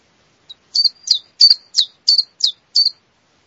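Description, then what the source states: Common Chiffchaff song: a series of high, sharp notes at a steady, measured pace. Male song; the English name imitates the song.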